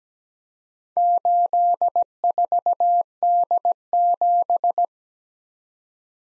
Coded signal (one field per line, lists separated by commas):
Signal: Morse code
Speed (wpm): 20 wpm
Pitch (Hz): 700 Hz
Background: none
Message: 84D7